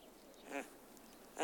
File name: Drop velky Otis tarda